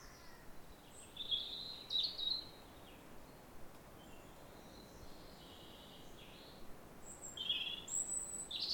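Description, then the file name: European robin singing high, twittering phrases at the start, a pause in the middle, then more bright, trilling notes towards the end, with light background hiss. "Erithacus rubecula"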